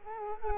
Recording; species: mosquito wingbeat signal from an infrared sensor; Culex quinquefasciatus